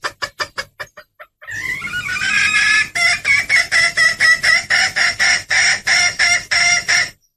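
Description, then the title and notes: Bird calling with several rapid clucking notes, a brief gap, then a long raspy run of regular harsh pulses. Lure sound used to attract stubborn, hard-to-approach birds; part of a compilation of bird lure calls. "Suara Burung Bandel Yang Susah Mendekati. Kompilasi Suara Pikat Burung"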